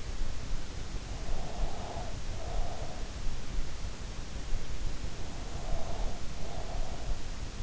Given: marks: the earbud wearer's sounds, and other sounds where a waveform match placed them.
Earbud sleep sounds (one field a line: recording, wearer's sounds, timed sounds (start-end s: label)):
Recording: sounds in sleep by an in-ear microphone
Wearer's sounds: breath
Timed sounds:
1.24-3.00 s: breath
5.44-6.98 s: breath